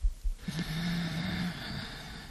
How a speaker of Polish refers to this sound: Zaczynamy od początku, czyli od uważności i oddechu. No, wdech przez nos.